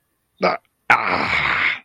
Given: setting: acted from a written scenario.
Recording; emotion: vocal sound without words; anger